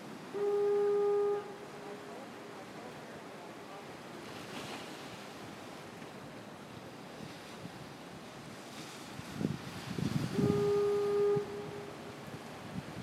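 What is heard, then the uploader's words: A foghorn sounds two steady low blasts, near the start and again around ten seconds, over continuous wave wash with scattered voices and gusts. Fog Horn at Marshall Point Lighthouse in Port Clyde, ME. Recorded with iPhone 6+. Using Rode recording App. People visiting the lighthouse, waves crashing, gulls calling, and a little wind.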